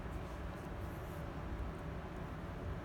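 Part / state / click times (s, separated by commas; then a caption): plastic cable tie being positioned at the doll's neck joint / not seated / none. A plastic cable tie is lined up at a reborn doll's neck joint, with its flat end turned facing away before it is threaded through. Only a steady low rumbling background is heard, with no sharp sounds. Nothing has clicked or seated yet.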